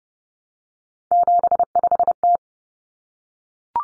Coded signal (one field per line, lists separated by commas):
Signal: Morse code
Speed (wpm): 30 wpm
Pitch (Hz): 700 Hz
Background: none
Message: 75T